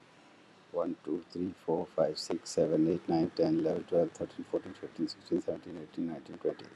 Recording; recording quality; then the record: counting at a fast pace; excellent, no background noise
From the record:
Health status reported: healthy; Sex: male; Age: 57 years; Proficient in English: yes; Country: India